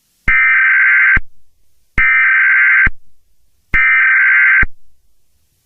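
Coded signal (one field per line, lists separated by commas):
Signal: Emergency Alert System (SAME) tones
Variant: header bursts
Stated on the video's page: Fictional EAS scenario, not a real alert.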